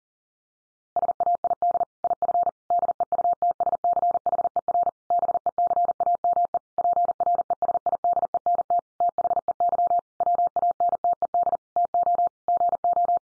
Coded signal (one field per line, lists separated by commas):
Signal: Morse code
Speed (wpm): 40 wpm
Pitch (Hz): 700 Hz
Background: none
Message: SAID IF DEUTSCHER BECAME PRESIDENT THEY WANTED TO GO